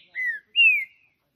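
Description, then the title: Green-winged saltator song: two clear whistled notes, the first steady and falling slightly, the second higher and slowly descending. Singing on a roof during a song contest between birds named Justiceiro and FBI; described as chirping, singing and showing male aggression. "Esse É PERFEITO Para ESQUENTAR Seu TRINCA Piando, Cantando E Macheando Na DISPUTA. Trinca Ferro CANTANDO MUITO de CARA em CIMA do TELHADO! Disputa INSANA!! TRINCA JUSTICEIRO & FBI"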